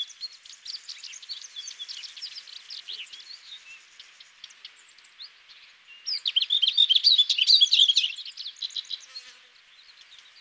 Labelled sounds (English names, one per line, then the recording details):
Lesser Whitethroat song
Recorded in the wild
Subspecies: althaea
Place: Chimgan, UZ
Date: 2001-05-25
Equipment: MiniDisc Sharp MT 20 H
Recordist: Schwarz, Dieter